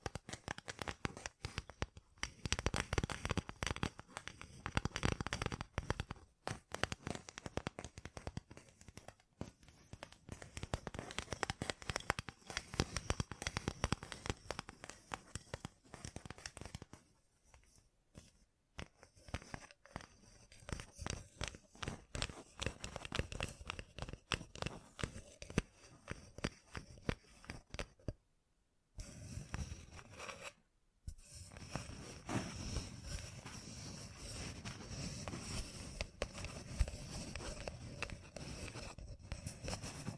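Gem-covered fingertips tap and scratch in dense, rapid bursts of crisp clicks, with brief silent pauses near 18 and 29 seconds.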